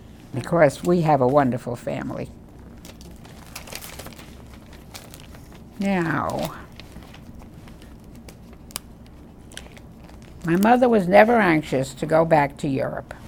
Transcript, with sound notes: Because we have a wonderful family. Now, (paper shuffling) my mother was never anxious to go back to Europe.